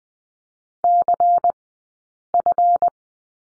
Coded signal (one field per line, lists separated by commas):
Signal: Morse code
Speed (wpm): 20 wpm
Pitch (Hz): 700 Hz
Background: none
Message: CF